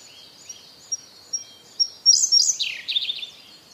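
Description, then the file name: Siberian blue robin song with a few quiet introductory ticks, then a loud jumbled trill that drops lower at its end; faint high whistles from other birds continue. "koruri"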